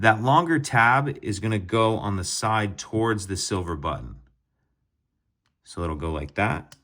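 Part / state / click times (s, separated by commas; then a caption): key ring into key fob case / not seated / none. A key ring is fitted back into the plastic key fob case of a 2023-2025 Genesis GV60/GV80, with its longer tab placed toward the silver button. Someone talks through most of the clip, followed by a short silent gap and more talking. Nothing has seated or clicked yet.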